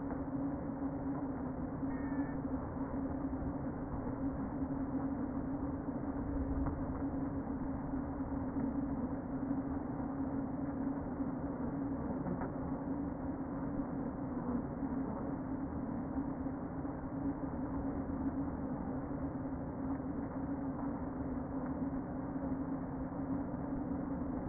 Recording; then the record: honeybee colony, microphone inside the hive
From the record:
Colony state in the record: queen present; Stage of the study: before two queens were removed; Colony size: about 60,000 bees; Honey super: yes